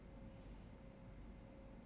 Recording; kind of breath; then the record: one breath in and out by a microphone near the nose and mouth; normal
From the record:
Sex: male